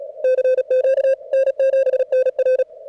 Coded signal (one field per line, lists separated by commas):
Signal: Morse code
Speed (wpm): 33 wpm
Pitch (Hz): 520 Hz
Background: none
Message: CQ N7NR